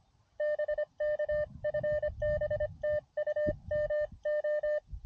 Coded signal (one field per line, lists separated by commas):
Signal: Morse code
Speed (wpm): 25 wpm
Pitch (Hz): 590 Hz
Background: none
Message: BK FB TU MO